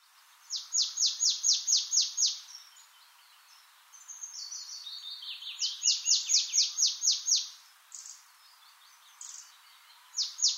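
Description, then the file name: Marsh tit calling in rapid trains of high, clipped, down-sweeping notes, two long bursts then single notes, with softer notes between. "Poecile palustris"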